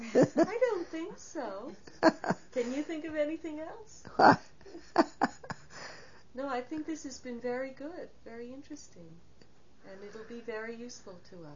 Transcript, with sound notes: I don't think so. (laughs) Can you think of anything else? (laughs) No, I think this has been very good, very interesting, and it will be very useful to us.